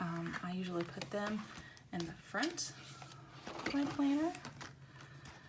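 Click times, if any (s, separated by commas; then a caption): none. A plastic sticky-note insert is handled at the binding of a 2019 Erin Condren Teacher Planner while someone talks, with a few soft handling noises underneath. Nothing has seated or clicked yet; the insert is not yet home.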